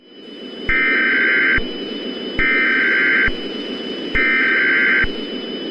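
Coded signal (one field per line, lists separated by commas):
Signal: Emergency Alert System (SAME) tones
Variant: header bursts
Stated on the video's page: Fictional scenario alert, simulated.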